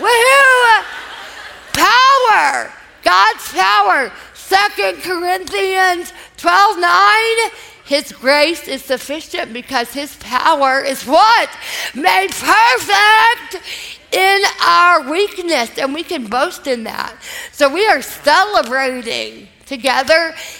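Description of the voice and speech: An adult woman speaks to a live audience with slow, effortful speech, stretched vowels and words broken by pauses: dysarthria after a massive brainstem stroke years earlier, following years of recovery. The P sound is especially hard for her to produce, and attempting it makes her cough.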